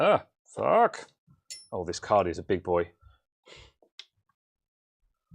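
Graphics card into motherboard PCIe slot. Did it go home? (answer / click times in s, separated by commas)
yes / 4.0 s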